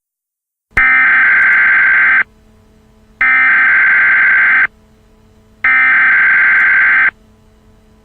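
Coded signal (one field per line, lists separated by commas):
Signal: Emergency Alert System (SAME) tones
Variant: header bursts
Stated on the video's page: Mock tornado alert made with iMovie, not a real broadcast.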